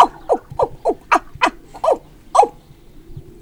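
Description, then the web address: Monkey giving a rapid series of about eight sharp, downward-sliding barking calls, roughly three per second, then falling quiet. "E-MU Producer Series Vol 3 – Hollywood Sound Effects Water Monkeys MONKEY"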